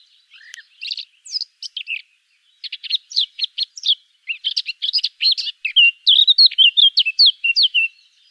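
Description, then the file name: Eurasian blackcap song that starts with quiet, scattered chattering notes and builds into a loud, fast run of clear, whistled warbling. "Sylvia atricapilla"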